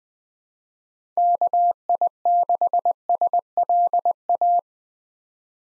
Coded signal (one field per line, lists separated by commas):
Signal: Morse code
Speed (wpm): 20 wpm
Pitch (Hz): 700 Hz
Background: none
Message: KI6SLA